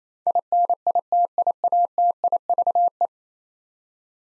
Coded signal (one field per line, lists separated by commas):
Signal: Morse code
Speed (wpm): 28 wpm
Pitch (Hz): 700 Hz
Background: none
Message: INITIATIVE